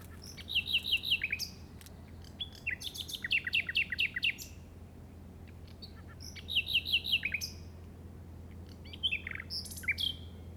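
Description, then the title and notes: Common nightingale song: bursts of rapid repeated notes and sharp rising whistles in varied phrases, several sequences separated by pauses, low hum beneath. Llobregat Delta, recorded at 06:00 on 8 May 2015 with a Zoom recorder. "Grabación de ruiseñor común (Luscinia megarhynchos) en el Delta del Llobregat a las 06:00 del 08/05/2015."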